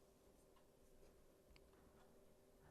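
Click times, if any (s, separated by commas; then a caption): 1.6 s. The stiff plastic edge of a helmet's inner trim is slid and worked back into the plastic channel around the helmet's bottom rim. A single faint tick at 1.6 s marks it clicking into place, and the trim ends up seated.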